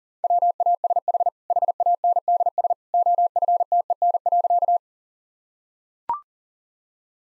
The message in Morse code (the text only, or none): WASH HANDS OFTEN.